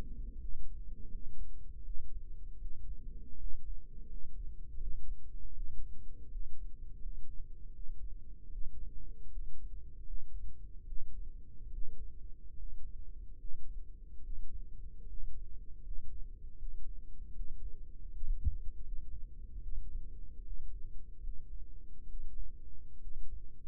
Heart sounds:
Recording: heart sounds by microphone in the right ear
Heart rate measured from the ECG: 77 bpm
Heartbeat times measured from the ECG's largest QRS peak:
0.36 s: heartbeat
1.08 s: heartbeat
1.82 s: heartbeat
2.58 s: heartbeat
3.36 s: heartbeat
4.06 s: heartbeat
4.77 s: heartbeat
5.52 s: heartbeat
6.28 s: heartbeat
6.98 s: heartbeat
7.71 s: heartbeat
8.48 s: heartbeat
9.29 s: heartbeat
10.03 s: heartbeat
10.84 s: heartbeat
11.69 s: heartbeat
12.54 s: heartbeat
13.36 s: heartbeat
14.20 s: heartbeat
15.04 s: heartbeat
15.80 s: heartbeat
16.55 s: heartbeat
17.33 s: heartbeat
18.08 s: heartbeat
18.81 s: heartbeat
19.60 s: heartbeat
20.42 s: heartbeat
21.20 s: heartbeat
22.06 s: heartbeat
22.98 s: heartbeat
From the record:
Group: healthy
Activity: rest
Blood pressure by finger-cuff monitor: 91/60 mmHg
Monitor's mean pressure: 68 mmHg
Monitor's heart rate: 77 bpm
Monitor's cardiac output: 5.1 L/min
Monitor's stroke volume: 66 mL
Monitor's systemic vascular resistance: 940 dyn s/cm5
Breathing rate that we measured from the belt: 21 breaths a minute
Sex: male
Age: 22 years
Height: 181 cm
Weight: 60 kg

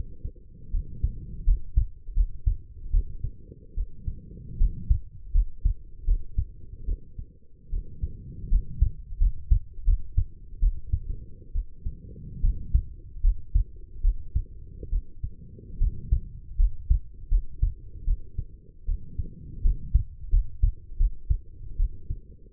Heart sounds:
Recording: heart sounds by stethoscope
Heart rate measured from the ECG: 77 bpm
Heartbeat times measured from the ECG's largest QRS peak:
0.71 s: heartbeat
1.45 s: heartbeat
2.14 s: heartbeat
2.91 s: heartbeat
3.75 s: heartbeat
4.58 s: heartbeat
5.32 s: heartbeat
6.05 s: heartbeat
6.85 s: heartbeat
7.70 s: heartbeat
8.49 s: heartbeat
9.18 s: heartbeat
9.85 s: heartbeat
10.60 s: heartbeat
11.52 s: heartbeat
12.41 s: heartbeat
13.21 s: heartbeat
14.01 s: heartbeat
14.89 s: heartbeat
15.78 s: heartbeat
16.57 s: heartbeat
17.29 s: heartbeat
18.05 s: heartbeat
18.85 s: heartbeat
19.62 s: heartbeat
20.30 s: heartbeat
20.97 s: heartbeat
21.77 s: heartbeat
From the record:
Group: healthy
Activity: rest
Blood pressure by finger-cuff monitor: 115/74 mmHg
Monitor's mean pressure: 86 mmHg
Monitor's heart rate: 77 bpm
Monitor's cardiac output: 6.1 L/min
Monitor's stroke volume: 79 mL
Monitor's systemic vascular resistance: 1020 dyn s/cm5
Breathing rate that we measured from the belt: 16 breaths a minute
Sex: female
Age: 23 years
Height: 160 cm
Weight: 50.4 kg

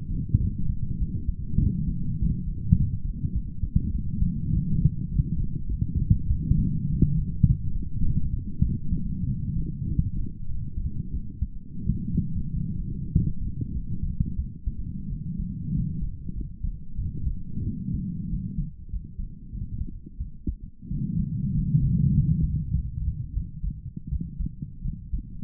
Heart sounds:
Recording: heart sounds by stethoscope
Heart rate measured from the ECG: 96 bpm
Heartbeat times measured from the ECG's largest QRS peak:
0.41 s: heartbeat
1.00 s: heartbeat
1.60 s: heartbeat
2.19 s: heartbeat
2.77 s: heartbeat
3.34 s: heartbeat
3.93 s: heartbeat
4.53 s: heartbeat
5.10 s: heartbeat
5.68 s: heartbeat
6.29 s: heartbeat
6.89 s: heartbeat
7.47 s: heartbeat
8.04 s: heartbeat
8.63 s: heartbeat
9.27 s: heartbeat
9.87 s: heartbeat
10.48 s: heartbeat
11.13 s: heartbeat
11.85 s: heartbeat
12.50 s: heartbeat
13.12 s: heartbeat
13.73 s: heartbeat
14.38 s: heartbeat
15.10 s: heartbeat
15.73 s: heartbeat
16.35 s: heartbeat
16.97 s: heartbeat
17.64 s: heartbeat
18.30 s: heartbeat
18.90 s: heartbeat
19.51 s: heartbeat
20.19 s: heartbeat
20.90 s: heartbeat
21.54 s: heartbeat
22.14 s: heartbeat
22.72 s: heartbeat
23.34 s: heartbeat
24.10 s: heartbeat
24.83 s: heartbeat
From the record:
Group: healthy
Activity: light exercise 0-15 s, rest 15-25 s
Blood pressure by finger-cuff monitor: 147/60 mmHg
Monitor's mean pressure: 86 mmHg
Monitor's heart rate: 98 bpm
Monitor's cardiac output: 10.8 L/min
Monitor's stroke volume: 112 mL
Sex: female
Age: 22 years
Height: 160 cm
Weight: 63 kg

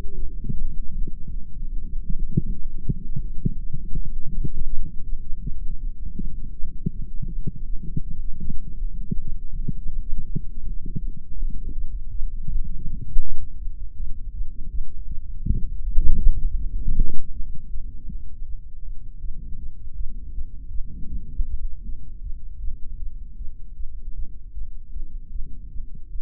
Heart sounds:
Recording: heart sounds by microphone in the right ear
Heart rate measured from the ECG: 160 bpm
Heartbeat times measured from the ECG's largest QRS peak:
0.16 s: heartbeat
0.54 s: heartbeat
0.92 s: heartbeat
1.30 s: heartbeat
1.68 s: heartbeat
2.05 s: heartbeat
2.43 s: heartbeat
2.81 s: heartbeat
3.18 s: heartbeat
3.55 s: heartbeat
3.93 s: heartbeat
4.30 s: heartbeat
4.68 s: heartbeat
5.05 s: heartbeat
5.42 s: heartbeat
5.80 s: heartbeat
6.17 s: heartbeat
6.54 s: heartbeat
6.92 s: heartbeat
7.29 s: heartbeat
7.66 s: heartbeat
8.03 s: heartbeat
8.40 s: heartbeat
8.78 s: heartbeat
9.15 s: heartbeat
9.52 s: heartbeat
9.89 s: heartbeat
10.26 s: heartbeat
10.63 s: heartbeat
11.00 s: heartbeat
11.37 s: heartbeat
11.74 s: heartbeat
12.11 s: heartbeat
12.48 s: heartbeat
12.85 s: heartbeat
13.22 s: heartbeat
13.59 s: heartbeat
13.96 s: heartbeat
14.33 s: heartbeat
14.70 s: heartbeat
15.08 s: heartbeat
15.45 s: heartbeat
15.82 s: heartbeat
16.20 s: heartbeat
16.57 s: heartbeat
16.95 s: heartbeat
17.32 s: heartbeat
17.70 s: heartbeat
18.08 s: heartbeat
18.45 s: heartbeat
18.83 s: heartbeat
19.21 s: heartbeat
19.58 s: heartbeat
19.96 s: heartbeat
20.33 s: heartbeat
20.71 s: heartbeat
21.09 s: heartbeat
21.46 s: heartbeat
21.84 s: heartbeat
22.22 s: heartbeat
22.60 s: heartbeat
22.99 s: heartbeat
23.37 s: heartbeat
23.76 s: heartbeat
24.14 s: heartbeat
24.53 s: heartbeat
24.92 s: heartbeat
25.32 s: heartbeat
25.71 s: heartbeat
26.11 s: heartbeat
From the record:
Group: healthy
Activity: light exercise 0-9 s, rest 9-26 s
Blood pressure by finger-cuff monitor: 109/76 mmHg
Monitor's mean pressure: 88 mmHg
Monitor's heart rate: 159 bpm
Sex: female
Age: 19 years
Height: 163 cm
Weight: 51 kg

